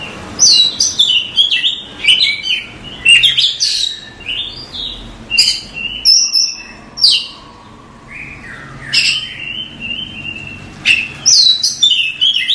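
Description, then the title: Magpie-robin song: rich, varied phrases of sweet whistles, sharp chips and fast slurred notes, coming in bursts with short pauses; a steady lower whistle briefly underneath midway. Tutor song for training cage birds. "kacer masteran"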